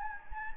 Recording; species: mosquito wingbeat signal from an infrared sensor; Anopheles gambiae